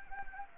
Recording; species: mosquito wingbeat signal from an infrared sensor; Anopheles arabiensis